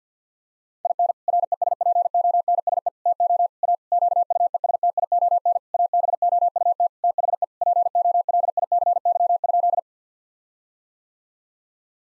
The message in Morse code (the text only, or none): IN RESPONSE TO A QUESTION ABOUT THE POLICY?